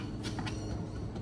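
A plastic engine cover on a BMW is pressed down firmly onto its mounting studs. Over a steady low rumbling hum, a single short click is heard at 0.4 s, and the cover is seated in place.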